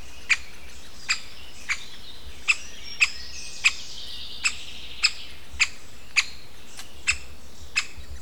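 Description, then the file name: Great spotted woodpecker giving a steady series of short, sharp 'kix' calls, roughly every half second or so. Contact calls. "nagy fakopáncs kapcsolattartó hangjai"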